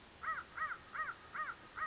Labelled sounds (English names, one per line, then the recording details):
American Crow
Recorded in Sonoma County, California